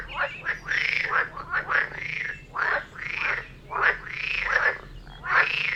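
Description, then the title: Several frogs croaking, rounded arching calls interleaved with short rattling notes, overlapping in an irregular chorus throughout. Frog chorus recorded near Vellerner Brook in Neubeckum at 2pm; binaural recording meant for headphones. "Frog concert near Vellerner Brook in Neubeckum - 2pm - binaural version"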